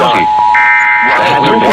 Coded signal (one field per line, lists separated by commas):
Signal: Emergency Alert System (SAME) tones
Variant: end-of-message bursts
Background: speech